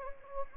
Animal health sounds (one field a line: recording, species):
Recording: mosquito wingbeat signal from an infrared sensor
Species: Anopheles gambiae